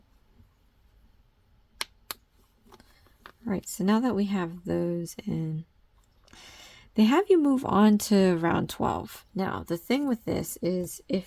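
A plastic safety eye backing washer is pressed onto the post of the second plastic safety eye through a crocheted head and clicks on at 1.8 s and 2.1 s, two sharp clicks in a quiet room. It seats fully, and someone then talks.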